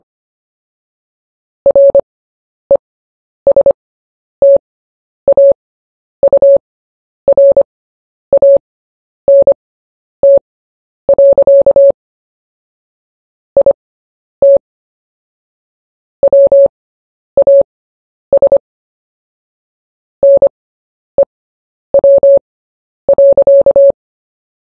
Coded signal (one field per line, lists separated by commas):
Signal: Morse code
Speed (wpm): 25 wpm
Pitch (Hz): 560 Hz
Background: none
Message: RESTAURANT. IT WAS NEW.